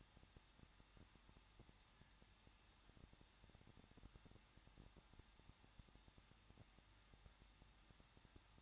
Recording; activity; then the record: daily activity, microphone in the room; no activity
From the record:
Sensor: 3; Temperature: 21.2 degrees Celsius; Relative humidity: 36.3%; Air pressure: 1006.3 hPa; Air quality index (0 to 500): 222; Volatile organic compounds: 41 ppm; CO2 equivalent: 3165 ppm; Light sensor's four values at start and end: 2/3/2/2 and 2/3/2/2